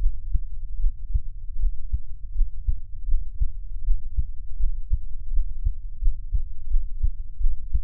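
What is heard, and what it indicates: Soft, steady low thumps of an adult heartbeat at about 79 beats a minute, with no talking.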